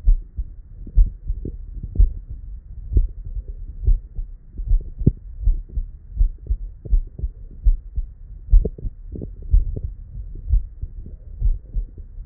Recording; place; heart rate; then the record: heart sounds by stethoscope; Erb's point; 72 bpm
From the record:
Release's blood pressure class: hypertension stage 1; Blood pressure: 125/81 mmHg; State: at rest